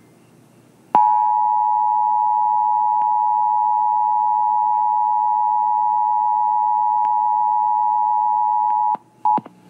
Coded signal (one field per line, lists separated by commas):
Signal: Emergency Alert System (SAME) tones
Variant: 853 and 960 Hz attention tone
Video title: [EAS VALID TONES] 911 outage thanks to dumbass (FUNNY)